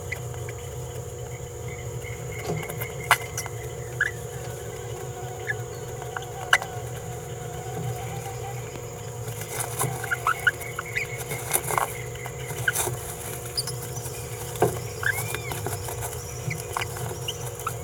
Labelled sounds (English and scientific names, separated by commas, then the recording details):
Green-rumped Parrotlet (Forpus passerinus) babbling
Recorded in a nest box in Venezuela
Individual 18B17A4